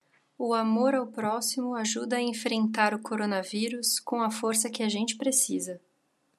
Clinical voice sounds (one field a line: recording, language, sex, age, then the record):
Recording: spoken sentence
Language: Brazilian Portuguese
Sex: female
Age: 20 to 29 years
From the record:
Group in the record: control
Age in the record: 28 years